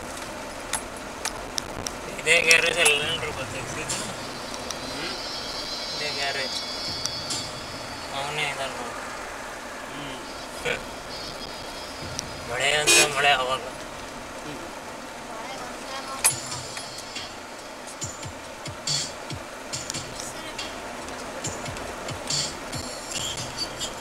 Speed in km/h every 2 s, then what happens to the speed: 20, 21, 21, 10, 11, 18, 19, 7, 3, 0, 20, 21.
4-6 brakes to 10. 6-12 speeds up to 19. 12-17 brakes to 0. 17-20 speeds up to 20.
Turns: none.